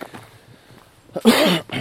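A short, harsh cough burst with a brief lead-in, from an adult man with a head cold.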